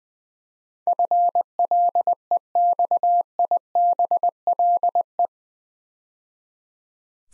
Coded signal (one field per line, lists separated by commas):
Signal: Morse code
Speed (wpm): 21 wpm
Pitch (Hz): 700 Hz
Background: none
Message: FLEXIBLE